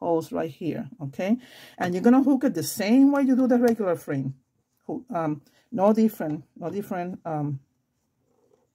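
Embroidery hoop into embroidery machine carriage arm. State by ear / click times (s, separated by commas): not seated / none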